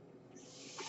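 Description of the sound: The steady, breathy hiss of a home mechanical ventilator, swelling louder and brighter toward the end.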